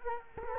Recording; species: mosquito wingbeat signal from an infrared sensor; Culex quinquefasciatus